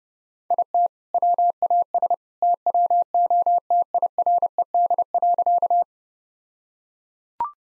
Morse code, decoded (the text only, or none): IT WAS TWO TIRED.